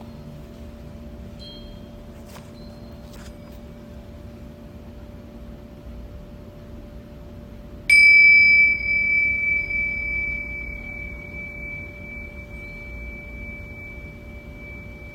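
A Tibetan singing bowl is struck just before the eight-second mark, ringing with a clear, bright tone and a higher overtone that slowly fade over the following seconds. Before the strike, a low steady hum is heard, with a few faint clicks and small taps.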